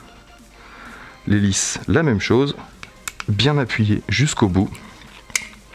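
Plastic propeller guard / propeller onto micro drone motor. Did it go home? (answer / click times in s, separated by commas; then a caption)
yes / 5.4 s. On a Eachine Q90C micro FPV racer drone, the plastic propeller guard and propeller are pressed fully down onto the motor while someone talks, to push it all the way until it is clipped. A sharp snap at 5.4 s marks it seating onto the motor.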